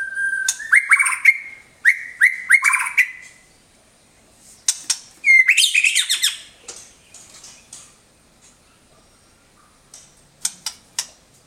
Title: Kicau Kacer